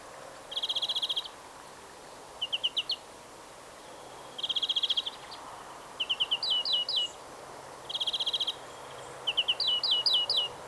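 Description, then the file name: European greenfinch twittering, rapid trills alternating with clusters of upslurred chirps, the sequence repeated three times at steady intervals. "Chloris chloris"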